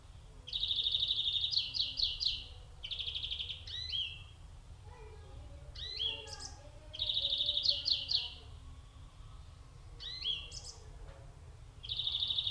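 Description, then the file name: European greenfinch singing fast ringing trills, with short rising slurred notes between them; the trills return every few seconds. "Chloris chloris"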